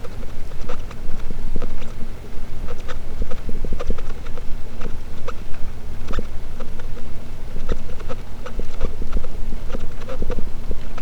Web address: Pm BP Physeter Macrocephalus clean cachalot positif